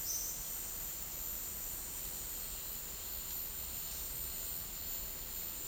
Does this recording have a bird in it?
no